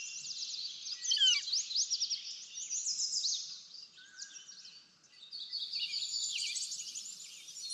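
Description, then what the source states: Bird chorus of quick high twitters and slurred notes, one brief descending whistle near the start, energy dipping around five seconds before resuming. Backyard.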